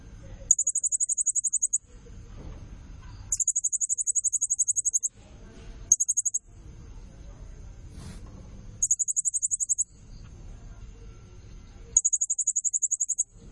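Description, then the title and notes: Blue-crowned hanging parrot calls: five bursts of very high, rapid, evenly pulsed notes, most lasting one to two seconds and one only about half a second, separated by pauses filled with low rumbling background noise. Serindit calling persistently (gacor, nembak), used as lure and tutor sound (pemikat, nasteran) to excite and attract other birds. "Burung Serindit Nembak Gacor Bikin Emosi Semua Burung. Suara Nasteran Dan Pemikat Burung Serinditan Gacor"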